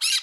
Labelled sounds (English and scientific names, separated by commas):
Brown-throated Parakeet (Eupsittula pertinax) contact call